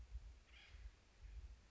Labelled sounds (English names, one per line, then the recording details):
Acorn Woodpecker
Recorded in Sonoma County, California